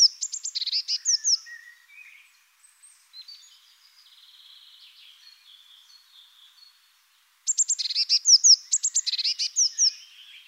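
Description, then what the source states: Eurasian blue tit calling in high, bright chirps and short trills at the start and again near the end, with faint twitters in the pause. Recorded in the Netherlands.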